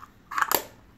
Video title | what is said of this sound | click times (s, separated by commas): RTUK 'S review and unboing of the Tarot 200 watts and Gemini RTA by Vaporesso | just clicks into place fairly | 0.4 s, 0.5 s